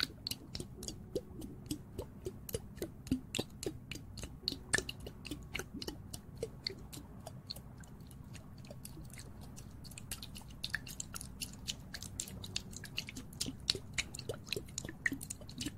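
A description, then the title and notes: Ear cleaning and ear massage, heard as a constant stream of sharp, crackly clicks and soft squishy pops, several each second with a few louder snaps scattered throughout. A low, muffled rubbing murmur runs steadily underneath the whole time. ASMR Ear cleaning & Ear massage.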